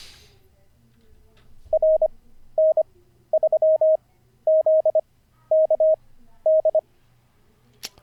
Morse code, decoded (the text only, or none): RN3ZKD